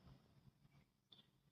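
With mains power disconnected, an internal flat cable is plugged back into its connector on the control board of an HP LaserJet 402 printer. After low handling noise, a single sharp click at 1.1 s marks the cable seating in its socket. It is then checked that the cable sits properly in place and won't come loose.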